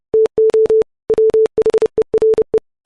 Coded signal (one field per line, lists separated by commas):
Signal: Morse code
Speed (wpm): 30 wpm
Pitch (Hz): 440 Hz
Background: none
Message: TO WHERE